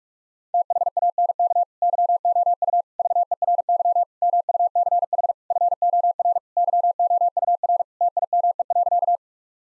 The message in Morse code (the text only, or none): THANK YOU VERY MUCH FOR YOUR TIME.